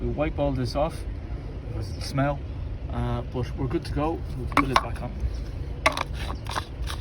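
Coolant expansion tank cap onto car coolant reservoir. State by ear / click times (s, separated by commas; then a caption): torque reached / 5.9 s, 6.0 s. A plastic pressurized coolant expansion tank cap on a Jaguar S-Type's coolant reservoir is screwed back on until its ratchet clicks, meaning it is tight enough. Someone talks through most of the clip, and then two sharp ratchet clicks land at 5.9 s and 6.0 s, confirming the cap is tight.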